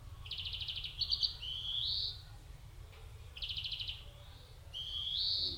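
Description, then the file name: European greenfinch twittering a short trill then a long, rising, nasal wheeze, the sequence heard twice, with a low steady hum beneath. "Chloris chloris"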